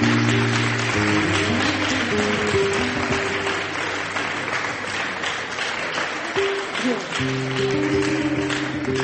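An audience claps steadily for several seconds, a dense, sustained wash of applause with a low musical drone and tones continuing underneath.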